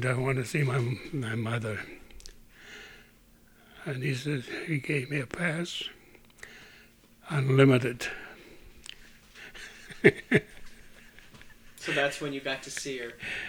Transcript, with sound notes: I want to see my mother." And he says, he gave me a pass, unlimited. ( he laughs )
So that's when you got to see her.